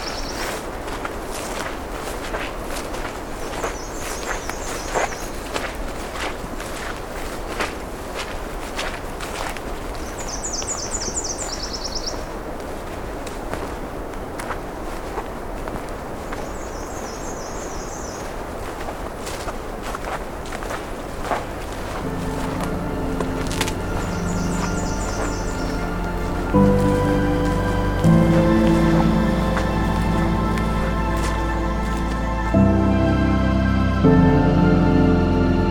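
Footsteps crunch steadily along a road allowance at the edge of park land, with a bird chirping briefly every six or seven seconds. From about twenty-two seconds a vehicle's low engine hum rises and grows louder, its rumbling tones dominating the last stretch.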